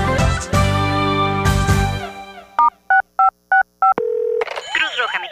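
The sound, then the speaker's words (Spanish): A rapid series of six evenly spaced touch-tone beeps as a phone number is keyed in, followed by a steady buzzing tone and a warbling electronic chirp, after a burst of loud music. “Ahora, cada vez que levantas tu teléfono, puedes ayudar a la Cruz Roja. Solo marca al asterisco 6565”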